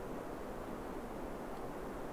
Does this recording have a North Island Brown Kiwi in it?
no